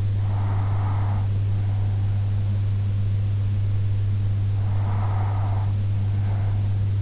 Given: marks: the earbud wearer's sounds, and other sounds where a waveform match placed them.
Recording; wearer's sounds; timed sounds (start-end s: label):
sounds in sleep by an in-ear microphone; breath
0.02-2.02 s: breath
5.02-7.02 s: breath